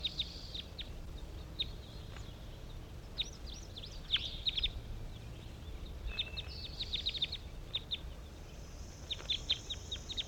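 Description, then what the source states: Several crossbills calling together in a jumble of sharp chip notes, over low background noise. Captive crossbills calling at about 10 a.m. in response to five wild birds flying over; recorded at a hillside net site.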